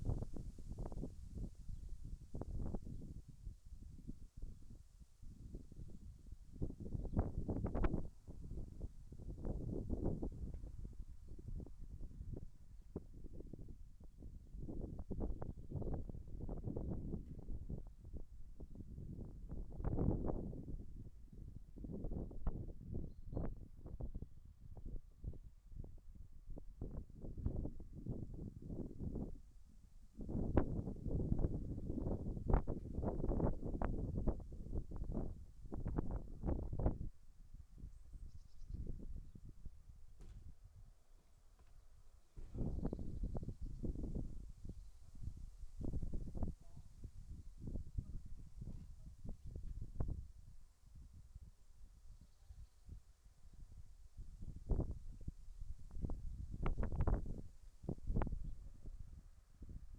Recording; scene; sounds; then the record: everyday scene through a hearing-aid microphone; wind on the microphone; wind, other noises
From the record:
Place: in front of a rural house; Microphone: behind the ear, right, front